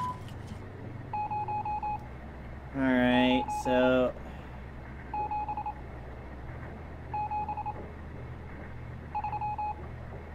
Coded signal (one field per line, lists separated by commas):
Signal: Morse code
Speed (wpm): 27 wpm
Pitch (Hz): 840 Hz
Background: speech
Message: 0 9 7 7 3